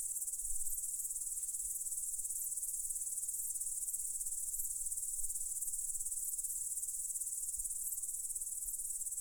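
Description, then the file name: Crickets trill nonstop in a bright, rapidly pulsed chorus, with occasional soft low knocks in the background. "cvrcci"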